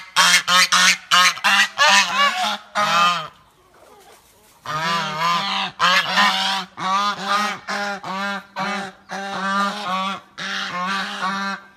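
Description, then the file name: Goose with rapid, staccato honks at the start, a quiet pause, then a long run of quick, harsh honks. "Tieng ngong keu"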